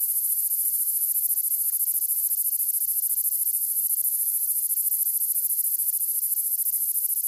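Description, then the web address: Gladiator meadow katydid buzzing steadily throughout, a loud, very high-pitched continuous rasp with a fine rapid pulsing and no pauses. Recorded in North America. "Songs of Insects. Gladiator Meadow Katydid"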